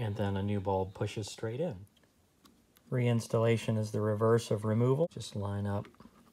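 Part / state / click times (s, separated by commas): display bulb socket into car stereo housing / not seated / none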